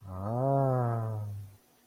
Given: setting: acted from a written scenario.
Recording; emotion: vocal sound without words; romantic love